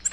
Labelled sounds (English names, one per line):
Nashville Warbler flight call